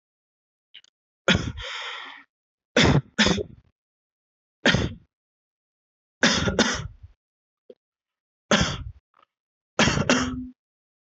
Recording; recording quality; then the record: heavy voluntary cough; excellent, no background noise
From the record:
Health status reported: healthy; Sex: male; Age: 29 years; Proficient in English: yes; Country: India